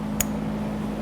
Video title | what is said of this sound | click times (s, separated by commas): How to Replace Fuel Pump Assembly 2011-2020 Toyota Sienna | go ahead and align this and press it in listen for a click | 0.2 s